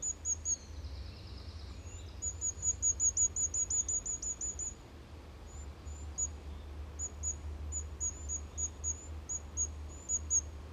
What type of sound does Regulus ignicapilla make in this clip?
call